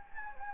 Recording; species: mosquito wingbeat signal from an infrared sensor; Anopheles gambiae